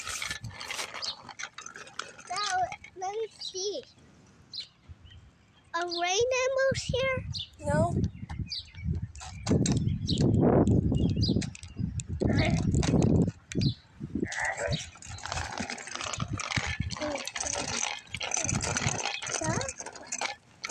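A car rumbles past in the middle, a heavy low roar swelling around ten seconds and fading by thirteen, followed by a long steady hiss of tires and traffic. Scattered voices and a few high rising chirps come through earlier, with short clatters throughout.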